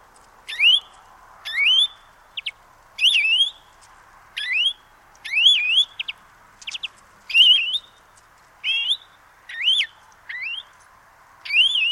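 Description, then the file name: European greenfinch giving rising, nasal, upslurred call notes, about a dozen spaced unevenly every second or so, with a few short clicks and a faint steady background hum. "Chloris chloris"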